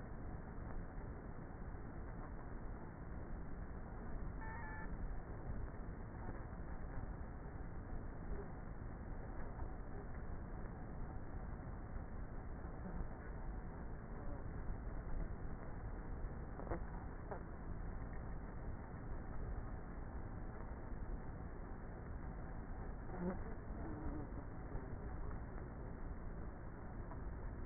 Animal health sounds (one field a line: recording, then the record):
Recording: honeybee colony, microphone inside the hive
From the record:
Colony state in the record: queenless with a low population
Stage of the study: before two queens were removed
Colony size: about 30,000 bees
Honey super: no